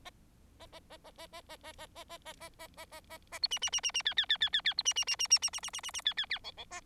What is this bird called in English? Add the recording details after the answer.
Bengalese Finch. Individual Bird4